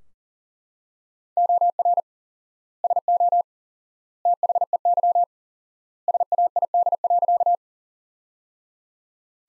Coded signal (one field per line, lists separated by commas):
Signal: Morse code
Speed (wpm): 40 wpm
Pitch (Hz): 700 Hz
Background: none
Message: OR SO THEY SAID.